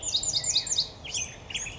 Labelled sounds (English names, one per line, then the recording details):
Black-headed Grosbeak
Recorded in Sonoma County, California